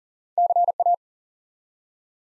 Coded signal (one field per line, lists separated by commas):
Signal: Morse code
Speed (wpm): 39 wpm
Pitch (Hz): 700 Hz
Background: none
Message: CA